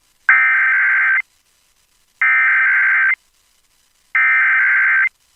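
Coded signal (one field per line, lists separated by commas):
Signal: Emergency Alert System (SAME) tones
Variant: header bursts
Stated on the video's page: SAME tones on NOAA Weather Radio for mandatory evacuations and hurricane warnings from a hurricane in Florida.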